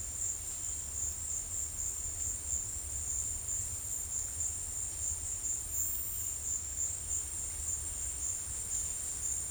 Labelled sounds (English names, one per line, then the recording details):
none
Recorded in secondary vegetation near Puerto Asís, Putumayo, Colombia, on 22 December 2024 at 14:30
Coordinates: 0.484, -76.319
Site GP06